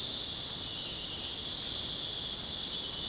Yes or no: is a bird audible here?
no